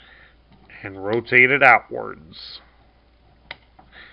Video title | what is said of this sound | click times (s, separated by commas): Transformers Studio Series #34: Megatron | And then it just pops into place. | 3.5 s